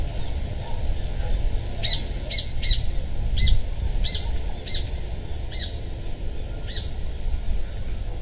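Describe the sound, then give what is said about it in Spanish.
A bird among trees gives a series of short, high chirps, about ten of them at a steady, unhurried pace, over a constant low rumbling background hiss. “¿Extrañarán estos árboles y estos pájaros nuestro ruido cuando no estemos?”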